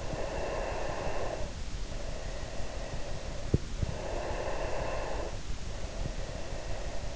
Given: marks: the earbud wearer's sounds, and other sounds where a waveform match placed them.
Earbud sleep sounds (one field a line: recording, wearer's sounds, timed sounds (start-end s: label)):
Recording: sounds in sleep by an in-ear microphone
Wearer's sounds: breath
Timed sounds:
0.08-3.46 s: breath
3.98-7.16 s: breath